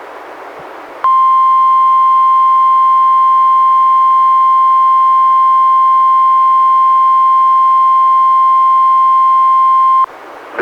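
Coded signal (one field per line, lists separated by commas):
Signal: Emergency Alert System (SAME) tones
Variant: 1050 Hz attention tone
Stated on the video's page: Two NWR Required Weekly Tests relayed by NOAA Weather Radio station, recorded from a Reecom R-1630 weather radio through a Zoom H1 recorder.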